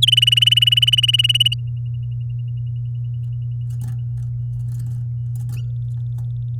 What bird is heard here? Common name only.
Domestic Canary